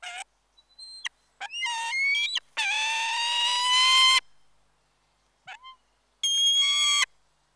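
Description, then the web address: Peregrine falcon giving harsh, harmonic wailing calls: short clipped notes, then longer drawn-out grating cries, with brief silences between. "BBC Sound Effects Library. Peregrine Falcon"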